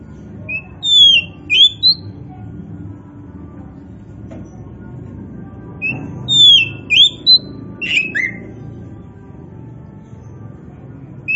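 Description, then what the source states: Oriental magpie-robin song phrases: a handful of pure whistles and slurred notes delivered in two bouts about five seconds apart, with low hum behind. Local Indonesian name kacer poci, a magpie-robin variety; described as gacor, singing vigorously and continuously.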